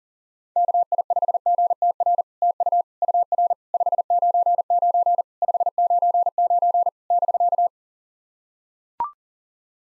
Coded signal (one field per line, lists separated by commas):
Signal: Morse code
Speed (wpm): 39 wpm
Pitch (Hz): 690 Hz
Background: none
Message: KI5GTR TU UR 599 599 <BK>